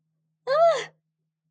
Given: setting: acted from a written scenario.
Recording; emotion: vocal sound without words; distress